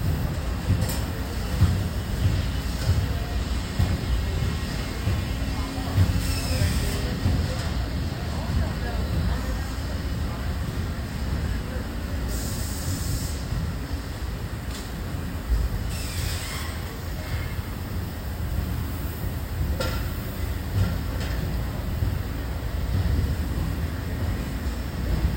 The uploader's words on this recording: The sounds of people working together, discussing and collaborating, are a harmonious melody that creates a feeling of unity and progress. The satisfying sounds of pops, beeps, clunks, and hisses as machines and equipment are put into action.